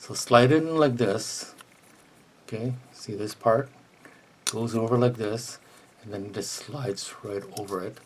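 Someone talks in bursts with short quiet gaps while sliding the rear stock part of an IWI Tavor X95 Micro bullpup rifle up and over its mating part on the receiver, where it will lock in place and sandwich the receiver. No distinct click or impact is heard above the talking, and nothing has seated or clicked yet by the end of the clip.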